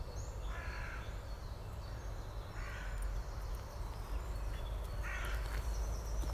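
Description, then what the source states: Crow giving three harsh caws over a steady low rumble. Recorded during lockdown.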